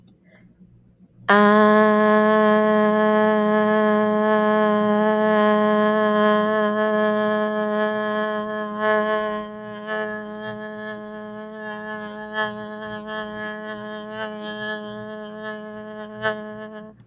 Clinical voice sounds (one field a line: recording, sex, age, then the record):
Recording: vowel held as long as possible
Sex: female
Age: 30 to 39 years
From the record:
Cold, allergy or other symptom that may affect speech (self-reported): no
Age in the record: 32 years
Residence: New York, United States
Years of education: 16